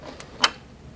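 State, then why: Seated. A high-volume oil pump for a Ram truck Hemi engine is wiggled back and forth on the crankshaft drive gear splines. A faint tick comes at about 0.2 s, then at 0.5 s a sharp clunk as the pump drops onto the splines and seats fully against the engine block.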